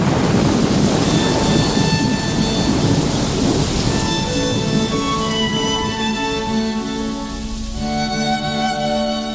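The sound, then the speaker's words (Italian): Heavy rain pours in a dense, steady roar while deep thunder rumbles underneath. Sustained tonal notes drift over the downpour, and the sound stays loud for the whole stretch with no voices. “La pioggia era diventata torrente e portò subito via i resti del topo.”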